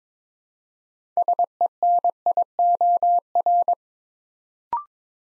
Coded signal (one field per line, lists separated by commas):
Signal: Morse code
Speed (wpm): 22 wpm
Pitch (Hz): 700 Hz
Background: none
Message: SENIOR